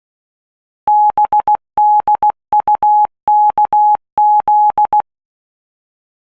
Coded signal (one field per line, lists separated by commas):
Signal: Morse code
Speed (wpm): 16 wpm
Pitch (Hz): 840 Hz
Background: none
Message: BDUKZ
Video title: RufzXP - Giving it a go - AD0WE